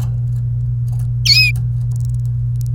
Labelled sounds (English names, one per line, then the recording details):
Domestic Canary song
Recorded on 27 April 2018 at 17:04
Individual llb3